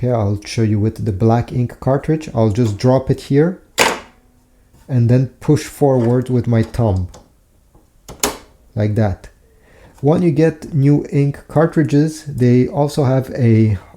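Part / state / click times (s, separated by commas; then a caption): black ink cartridge into printer carriage / seated / 8.2 s. A black ink cartridge is dropped into its slot in the carriage of an HP ENVY Inspire 7255e / 7955e printer and pushed forward with a thumb while someone talks. At 8.2 s it latches with a short, sharp click and is seated.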